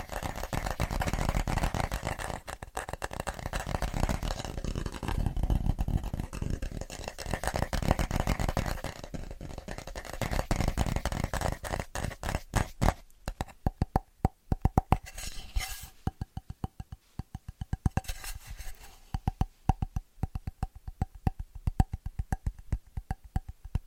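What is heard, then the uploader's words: Fast, rhythmic tapping, dry, with sharp clicks packed densely for the first ten seconds or so. After that the taps thin out into quicker, more separated bursts with brief pauses, and a faint steady tone hums underneath throughout. ASMR Pure Fast & Rhythmic Tapping (No Talking).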